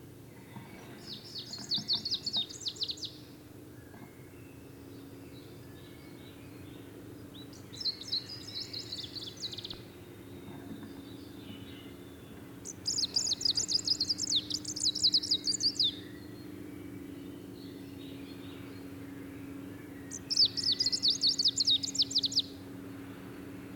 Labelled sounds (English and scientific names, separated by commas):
Greenish Warbler (Phylloscopus trochiloides) song